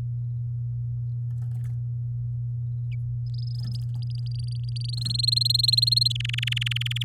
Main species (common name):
Domestic Canary